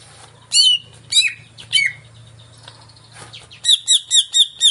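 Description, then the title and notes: Greater green leafbird song: three loud descending slurred whistles spaced about half a second apart, then a rapid run of repeated bright chips over low hum. Song of a singing-active (gacor) bird played as a lure (pancingan) to prompt a caged cucak ijo to sing when hung up. "Pancingan CUCAK IJO Mau Di Gantang. Cucak Ijo Gacor"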